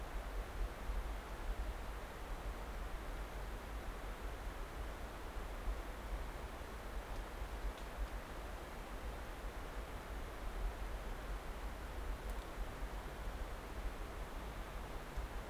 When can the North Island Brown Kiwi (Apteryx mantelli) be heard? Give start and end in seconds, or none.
none